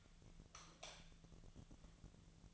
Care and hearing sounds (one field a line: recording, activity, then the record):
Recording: daily activity, microphone in the room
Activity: light off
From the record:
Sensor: 4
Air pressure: 1000.8 hPa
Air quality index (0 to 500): 124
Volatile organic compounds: 1 ppm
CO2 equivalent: 932 ppm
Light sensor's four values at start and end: 33/84/34/37 and 31/74/31/33